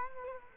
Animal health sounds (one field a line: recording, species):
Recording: mosquito wingbeat signal from an infrared sensor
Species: Culex quinquefasciatus